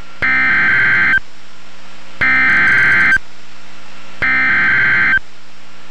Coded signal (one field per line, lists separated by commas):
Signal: Emergency Alert System (SAME) tones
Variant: header bursts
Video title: Severe Thunderstorm Warning (EAS #515)